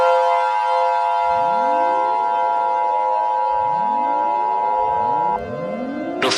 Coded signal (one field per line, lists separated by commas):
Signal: Emergency Alert System (SAME) tones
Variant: 853 and 960 Hz attention tone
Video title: Eas Scenario #4: Springtrap Rampage!